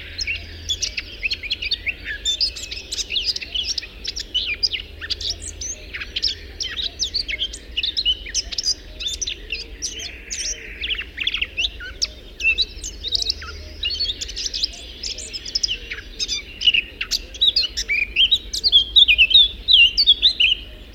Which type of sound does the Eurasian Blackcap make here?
song